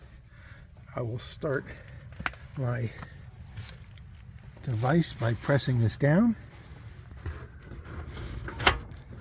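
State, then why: Seated. Someone talks, then presses down the canister lever on a single-burner portable butane stove to lock the butane gas canister onto its valve in the canister holder. A sharp, loud metallic snap at 8.7 s marks the canister seating and engaging.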